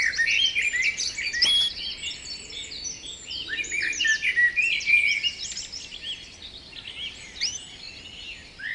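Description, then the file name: Canary singing continuously, dense bubbling trills and fast chattering phrases mixed with whistled slides, barely pausing. Canary therapy training recording (kenari terapi). "kenari terapi omkicau"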